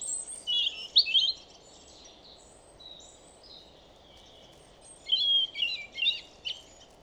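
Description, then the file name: European robin song: short, high, tinkling phrases with thin whistled notes, a brief burst at the start and another near the end, over a low background hum. "Erithacus rubecula"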